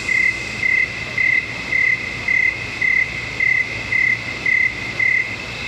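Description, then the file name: Cricket chirping, short clear pulses repeated evenly about twice a second, ten in a row, over a steady background hum. Swamp at night. "Swamp At Night With Crickets And Cicadas"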